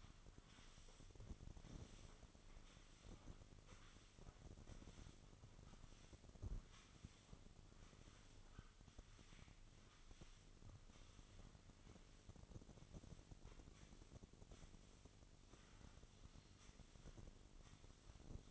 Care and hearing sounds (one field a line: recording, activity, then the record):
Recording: daily activity, microphone in the room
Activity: sweep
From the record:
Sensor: 4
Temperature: 27.1 degrees Celsius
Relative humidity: 35.2%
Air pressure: 1003.9 hPa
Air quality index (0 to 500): 149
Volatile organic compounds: 2 ppm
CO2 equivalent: 1064 ppm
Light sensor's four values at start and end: 16/37/15/16 and 16/37/15/16